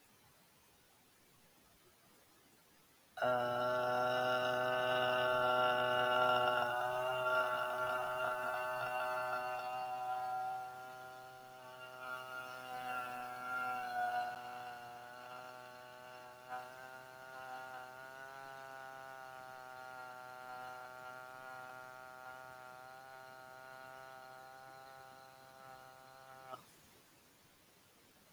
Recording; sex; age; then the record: vowel held as long as possible; male; 30 to 39 years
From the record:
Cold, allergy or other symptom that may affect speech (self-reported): no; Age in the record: 37 years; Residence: Wisconsin, United States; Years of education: 16